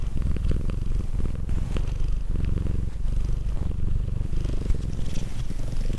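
Cat purring, a steady low rumble with rhythmic pulsing throughout, rising and falling with each breath.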